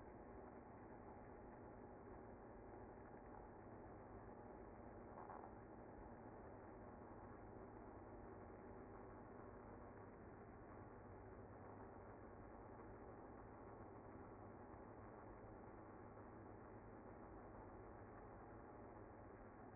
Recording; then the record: honeybee colony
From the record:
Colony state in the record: active